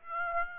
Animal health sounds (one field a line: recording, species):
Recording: mosquito wingbeat signal from an infrared sensor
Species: Aedes aegypti